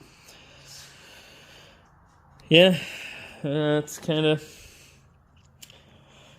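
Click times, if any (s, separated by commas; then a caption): 5.6 s. Someone talks while clipping one of two remaining accessory parts onto a 2024 Ski-Doo MKZ XRS 850 129" snowmobile by hand. A sharp snap sounds at 5.6 s as the part clips on and seats.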